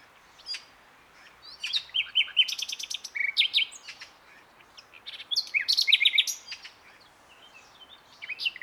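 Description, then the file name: Common nightingale song phrases of varied, rapid, sharp notes and short whistles, in several bursts over steady faint background noise. "Luscinia megarhynchos"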